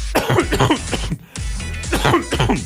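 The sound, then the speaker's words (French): Harsh, loud coughing fits into a microphone, two bursts of rapid barking coughs separated by a brief pause, with raspy throat-clearing sounds between them. “Pardonnez-moi, cinquième semaine de toussement dans le micro.”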